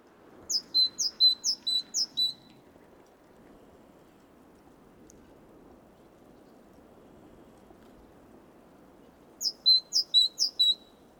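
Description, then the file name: Great tit singing a burst of four high-low two-note phrases, then about seven seconds of quiet hiss before another similar burst. "Parus major"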